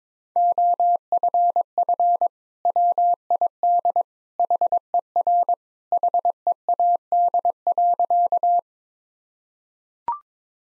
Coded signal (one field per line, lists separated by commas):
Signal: Morse code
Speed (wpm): 22 wpm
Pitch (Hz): 700 Hz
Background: none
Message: OFF WID HER HEAD.